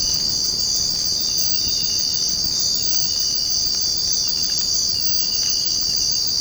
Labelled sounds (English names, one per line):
none